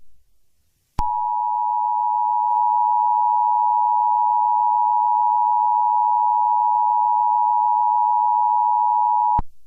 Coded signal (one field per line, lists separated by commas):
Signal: Emergency Alert System (SAME) tones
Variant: 853 and 960 Hz attention tone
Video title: eas scenario catemojibabyheat part 16